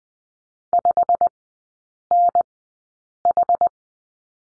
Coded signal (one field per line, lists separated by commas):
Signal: Morse code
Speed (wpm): 20 wpm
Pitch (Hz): 700 Hz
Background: none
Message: 5NH